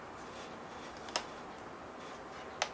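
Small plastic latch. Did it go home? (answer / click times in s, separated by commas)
released / 1.2 s, 2.6 s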